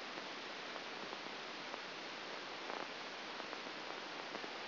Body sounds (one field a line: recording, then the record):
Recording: brain microelectrode recording played as sound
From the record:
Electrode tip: outside the subthalamic nucleus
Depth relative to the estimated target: -6 mm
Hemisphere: left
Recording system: AlphaMap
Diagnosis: Parkinson's disease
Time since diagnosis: 9 years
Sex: male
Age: 68 years